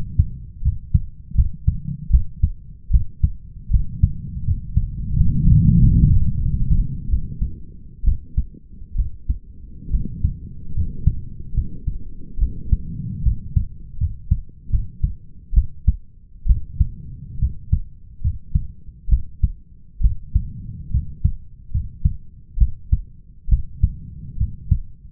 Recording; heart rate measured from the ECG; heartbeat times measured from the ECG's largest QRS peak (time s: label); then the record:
heart sounds by stethoscope; 73 bpm
0.62 s: heartbeat
1.35 s: heartbeat
2.10 s: heartbeat
2.91 s: heartbeat
3.71 s: heartbeat
4.45 s: heartbeat
5.14 s: heartbeat
5.78 s: heartbeat
6.41 s: heartbeat
7.09 s: heartbeat
8.04 s: heartbeat
8.96 s: heartbeat
9.91 s: heartbeat
10.74 s: heartbeat
11.54 s: heartbeat
12.38 s: heartbeat
13.23 s: heartbeat
13.98 s: heartbeat
14.70 s: heartbeat
15.54 s: heartbeat
16.46 s: heartbeat
17.39 s: heartbeat
18.21 s: heartbeat
19.09 s: heartbeat
20.01 s: heartbeat
20.91 s: heartbeat
21.71 s: heartbeat
22.58 s: heartbeat
23.49 s: heartbeat
24.38 s: heartbeat
From the record:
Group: healthy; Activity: rest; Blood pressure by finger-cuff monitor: 115/78 mmHg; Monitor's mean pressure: 87 mmHg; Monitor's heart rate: 72 bpm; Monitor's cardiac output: 5.5 L/min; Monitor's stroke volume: 76 mL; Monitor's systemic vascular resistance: 1150 dyn s/cm5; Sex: male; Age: 21 years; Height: 170 cm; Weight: 71 kg